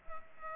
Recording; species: mosquito wingbeat signal from an infrared sensor; Culex pipiens